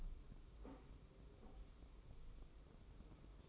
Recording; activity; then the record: daily activity, microphone in the room; take from stove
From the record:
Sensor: 1